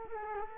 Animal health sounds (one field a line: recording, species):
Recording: mosquito wingbeat signal from an infrared sensor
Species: Culex quinquefasciatus